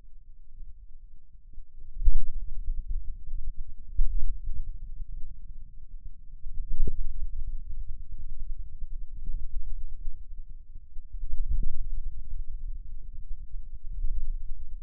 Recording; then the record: forearm muscle sounds (acoustic myography)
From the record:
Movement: hand closing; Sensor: system 2, bracelet of six BSWA MPA416 microphones around the upper forearm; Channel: 1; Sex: male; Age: 22 years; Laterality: right